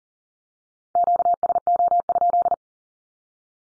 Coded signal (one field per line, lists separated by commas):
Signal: Morse code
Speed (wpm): 40 wpm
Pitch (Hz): 700 Hz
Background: none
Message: QSO?